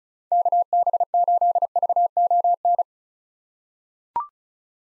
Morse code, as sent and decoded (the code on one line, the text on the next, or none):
-.- -... ---.. ...- --- -.
KB8VON